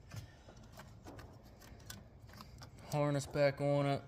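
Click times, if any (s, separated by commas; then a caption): none. On a Buick Encore being worked on for a coolant leak, an engine sensor is rotated back up and the wiring harness plug is lined up to go back onto it. Faint handling ticks and light taps are heard, followed by someone talking near the end. The plug has not yet been pushed home, and nothing has clicked or seated yet.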